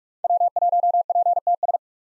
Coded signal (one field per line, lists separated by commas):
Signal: Morse code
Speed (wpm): 46 wpm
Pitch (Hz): 700 Hz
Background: none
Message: W1PTS